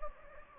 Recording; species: mosquito wingbeat signal from an infrared sensor; Anopheles gambiae